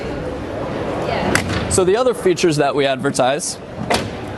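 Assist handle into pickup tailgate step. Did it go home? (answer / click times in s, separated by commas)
yes / 1.4 s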